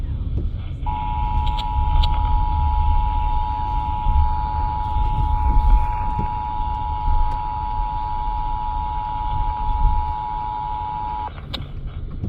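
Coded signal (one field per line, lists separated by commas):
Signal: Emergency Alert System (SAME) tones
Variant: 853 and 960 Hz attention tone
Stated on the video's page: Flash flood warning EAS relayed on KUHF 88.7 FM and KACC 89.7 FM.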